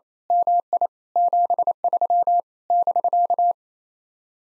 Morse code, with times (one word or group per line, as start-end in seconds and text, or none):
0.3-0.9 MI
1.2-2.4 73
2.7-3.5 <BK>